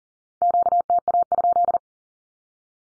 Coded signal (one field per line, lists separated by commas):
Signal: Morse code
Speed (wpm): 40 wpm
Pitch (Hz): 700 Hz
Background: none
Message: QTA?